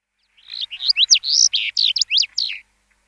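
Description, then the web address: House bunting song: a quick jingling phrase of about ten high, slurred notes, some rising and some falling, lasting roughly two seconds before stopping. "Schulze Peter House Bunting"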